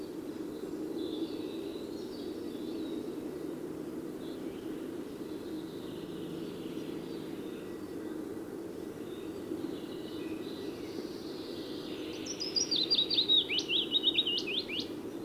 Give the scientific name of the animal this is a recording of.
Phylloscopus trochilus